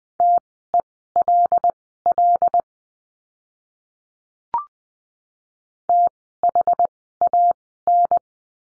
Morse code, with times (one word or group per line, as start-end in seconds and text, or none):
0.2-2.6 TELL
5.9-8.2 THAN